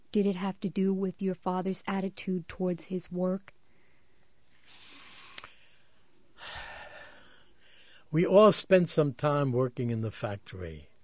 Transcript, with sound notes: Did it have to do with your father's attitude towards his work?
(sighs) We all spent some time working in the factory.